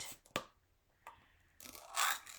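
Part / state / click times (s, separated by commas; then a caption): snap lid on a plastic paste jar / released / 0.4 s. The snap lid on a new, never-opened plastic jar of shimmer violet chalk paste is pried open, and its seal gives with one sharp pop at 0.4 s, releasing the lid. A fainter tick follows at about 1.1 s, then a burst of scraping and rustling from about 1.6 s to the end.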